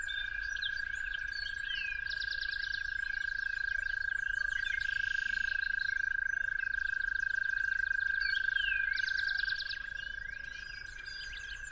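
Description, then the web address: Toads giving a continuous high trill throughout, with trilled bird phrases and varied chirps. Toads calling at dawn. "musicofnature Toads at Dawn"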